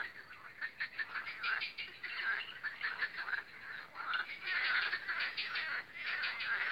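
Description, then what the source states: Croaking frogs form a busy chorus of short, pulsed, clattering calls. The chorus grows louder in the second half. Spring croaking of frogs on the Lomnica canal, recorded 10 May 2020.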